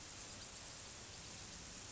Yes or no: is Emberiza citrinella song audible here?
no